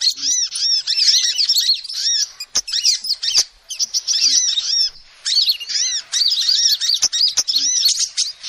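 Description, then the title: Lovebird chattering, fast high-pitched squeaks and arched chirps in long bursts separated by short pauses, with a few sharp ticks. Lovebird calls used as a lure to trap birds. "PIKAT BURUNG LOVEBIRD"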